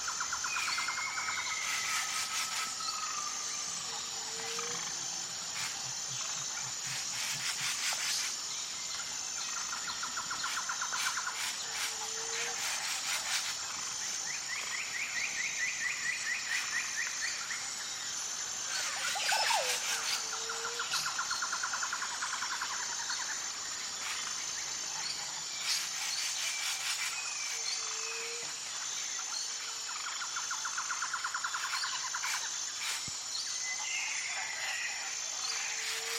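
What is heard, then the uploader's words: Rainforest birds call over a steady, high insect whine that runs through the whole recording. Short whistled notes repeat every few seconds, and sharp clicking bursts break in around 2, 8, 20 and 26 seconds. A low rustle sits underneath throughout. Colorful Birds of the Rainforest. Jungle #nomusic.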